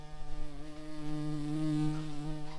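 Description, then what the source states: Red-tailed bumblebee buzzing: a steady, low droning hum held without break, wavering slightly in pitch and loudness throughout. Queens.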